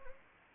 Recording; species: mosquito wingbeat signal from an infrared sensor; Anopheles gambiae